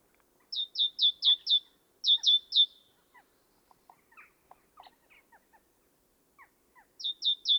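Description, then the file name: Great tit song: bright repeated two-note phrases descending from high to lower pitch, given in short bursts of four or three, with faint scattered chips between. "Parus major"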